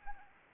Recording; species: mosquito wingbeat signal from an infrared sensor; Anopheles arabiensis